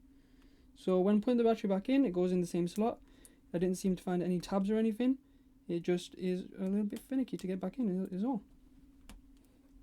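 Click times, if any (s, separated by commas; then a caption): 9.1 s. Someone talks while reconnecting the main battery connector of a Razer Blade Stealth RZ09-0281 laptop into its same slot on the motherboard socket, a finicky fit with no tabs, during a CMOS battery replacement so the laptop can be tested. After the talking stops, the connector clips in with a sharp click at 9.1 s and is seated.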